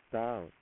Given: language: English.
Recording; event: throat vibration sensor signal played as sound; speech